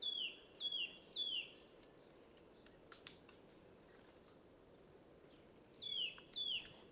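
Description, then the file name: Eurasian nuthatch uttering loud, falling, piping notes, three at the start and two near the end, separated by quiet hiss with faint birds. "Sitta europaea"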